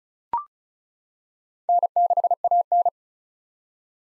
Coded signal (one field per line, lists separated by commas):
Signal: Morse code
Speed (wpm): 36 wpm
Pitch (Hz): 700 Hz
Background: none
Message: N6AN